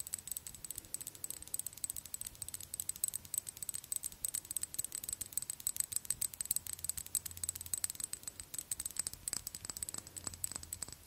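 A glass dropper bottle and lid rattle and tick in dense, rapid, bright clicks throughout, with a faint low hum underneath.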